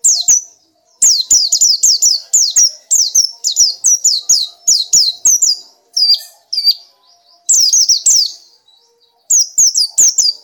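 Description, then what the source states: Nightingale song: steady runs of quick descending whistled notes, phrase after phrase with short breaks, ending in a few more bright sweeps. Masteran (tutor) recording used to train pet birds to sing.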